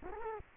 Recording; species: mosquito wingbeat signal from an infrared sensor; Culex quinquefasciatus